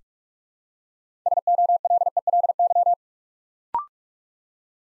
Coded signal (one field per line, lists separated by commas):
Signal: Morse code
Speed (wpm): 44 wpm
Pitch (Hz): 700 Hz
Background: none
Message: SOLELY